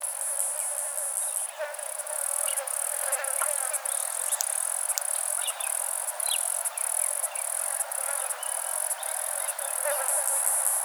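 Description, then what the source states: Katydid mimicry: sharp clicks scattered over a steady shrill high buzz with brief dips, plus faint lower chirps in the background. Mimicry call imitating cicadas.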